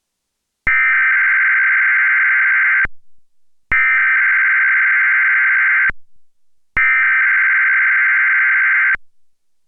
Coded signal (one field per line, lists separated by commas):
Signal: Emergency Alert System (SAME) tones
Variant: header bursts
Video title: Spectrum Emergency Alert System - Required Weekly Test (September 1, 2016)